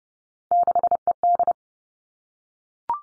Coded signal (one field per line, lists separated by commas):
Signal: Morse code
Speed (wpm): 30 wpm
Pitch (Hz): 700 Hz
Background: none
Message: 6ED